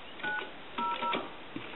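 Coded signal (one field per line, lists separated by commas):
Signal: DTMF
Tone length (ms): 120 ms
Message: 900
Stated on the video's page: DTMF from a single-slot touchtone payphone.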